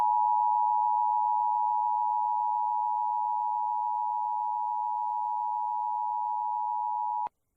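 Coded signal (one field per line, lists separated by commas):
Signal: Emergency Alert System (SAME) tones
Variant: 853 and 960 Hz attention tone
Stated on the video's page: Real valid EAS severe thunderstorm and flash flood warnings for Laredo, Texas, captured from local FM stations.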